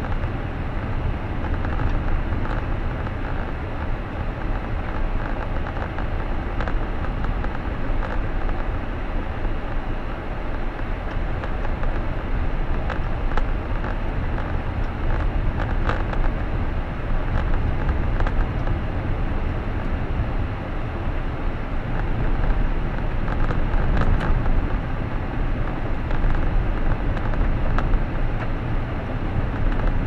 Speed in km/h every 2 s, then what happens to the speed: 39, 34, 29, 27, 23, 26, 33, 37, 38, 42, 45, 49, 51, 52, 54.
0-9 slows to 23. 9-30 speeds up to 54.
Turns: 4-9.